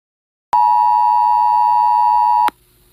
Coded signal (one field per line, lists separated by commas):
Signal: Emergency Alert System (SAME) tones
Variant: 853 and 960 Hz attention tone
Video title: WEA Alerts EAS Timeline Tornado Warning On 03-27-21.